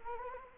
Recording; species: mosquito wingbeat signal from an infrared sensor; Anopheles arabiensis